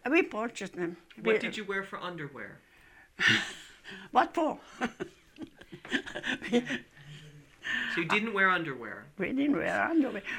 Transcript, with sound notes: We purchased them.
What did you wear for underwear?
What for? (laughing)
So you didn't wear underwear.
We didn't wear underwear.